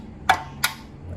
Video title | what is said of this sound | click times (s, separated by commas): Harley Sportster Tank Swap! Tank Lift & Speedo Relocate! Bobber Build | and should just click right in | 0.3 s